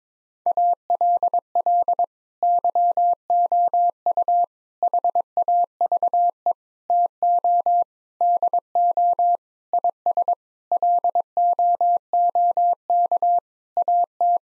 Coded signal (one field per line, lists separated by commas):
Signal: Morse code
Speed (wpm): 22 wpm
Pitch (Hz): 700 Hz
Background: none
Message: ALL YOU HAVE TO DO IS LOOK AT